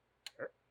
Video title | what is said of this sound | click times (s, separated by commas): Detailed Hummer H3 Spark Plug Change (also Chevy Colorado & GMC Canyon). Also, Air Filter Change. | and we just tighten it until it clicks | 0.3 s